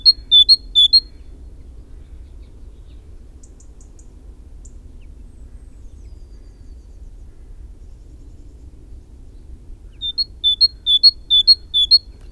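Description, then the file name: Great tit phrases of repeated two-note whistles at the start and again at the end, with faint high ticking notes in the long pause between. "Parus major"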